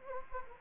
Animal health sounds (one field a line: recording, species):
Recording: mosquito wingbeat signal from an infrared sensor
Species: Anopheles gambiae